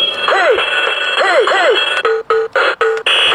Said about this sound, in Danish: Det er sindssygt fedt vækkeur på en eller anden måde. Jeg... Hvem vil ikke gerne vækkes af den lyd?